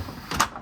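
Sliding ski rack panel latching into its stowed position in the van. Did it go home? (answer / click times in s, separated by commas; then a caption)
yes / 0.4 s. A sliding fanned ski rack panel in a camper van, freed by flipping its release lever, is pushed back along its track into its stowed position. A rising slide and rattle ends in a sharp latch snap at 0.4 s, followed by two fainter ticks. The latch engages and the rack is seated in place.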